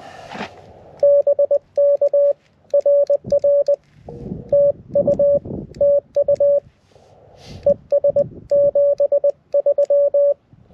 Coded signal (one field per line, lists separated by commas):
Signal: Morse code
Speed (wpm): 20 wpm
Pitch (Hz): 570 Hz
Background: none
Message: BK RR TU TU ES 73